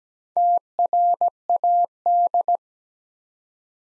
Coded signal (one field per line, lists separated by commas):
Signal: Morse code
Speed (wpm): 17 wpm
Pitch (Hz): 700 Hz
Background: none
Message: TRAD